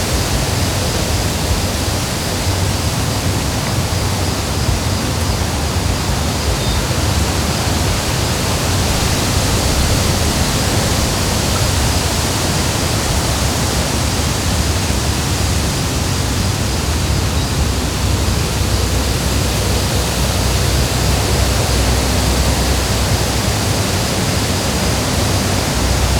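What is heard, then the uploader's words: Wind moves through the woods as a steady, dense rush that fills lows and highs evenly, holding the same level without gusts or pauses. Wind and the Woods.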